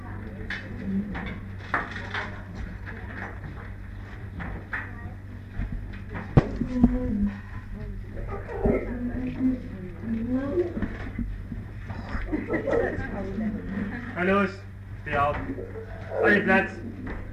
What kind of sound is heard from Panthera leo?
call